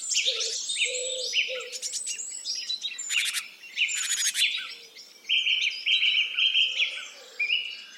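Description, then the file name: Birds singing: jumbled high twitters, several buzzy trilled bursts, then repeated flat whistled notes, with low soft notes near the start. "zvuki peniia ptits"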